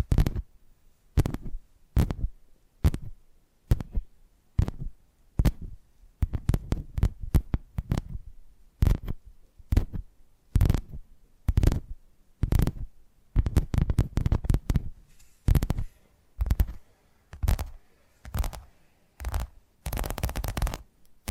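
Tapping triggers: sharp taps land in a loose, uneven rhythm, about one or two per second. Each tap has a deep, thudding body and a crisp top. Some come in quick clusters, and a faint hiss sits between them in the later part.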